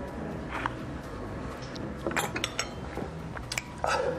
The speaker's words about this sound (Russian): Мужчина выпивает стопку, сжимает губами лимонную дольку.